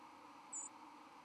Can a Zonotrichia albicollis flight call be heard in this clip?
yes